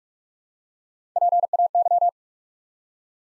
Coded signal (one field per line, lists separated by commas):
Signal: Morse code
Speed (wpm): 48 wpm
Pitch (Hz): 700 Hz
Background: none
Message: PAY